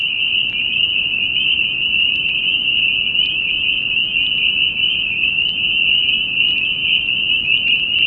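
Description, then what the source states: Spring peeper chorus: a thick, piercing high whistle-like din of many frogs peeping at once, steady and unbroken. Recorded in New Paltz.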